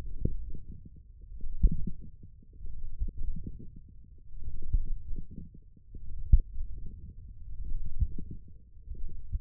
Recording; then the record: forearm muscle sounds (acoustic myography)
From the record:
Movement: wrist extension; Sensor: system 1, eight BSWA MPA416 microphones around the upper forearm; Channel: 3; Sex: male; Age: 20 years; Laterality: left